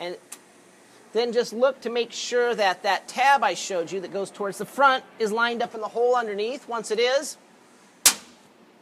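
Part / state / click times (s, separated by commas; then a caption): vending machine coil front piece into its tray slot under the acrylic gate / seated / 8.1 s. The front piece of a replacement vending coil in a DN5000 soda machine is pushed down into its slot in the plastic tray under the acrylic gate, with its front tab lined up in the hole underneath. Someone talks through most of the clip, then one sharp snap is heard at 8.1 s as the piece seats in place.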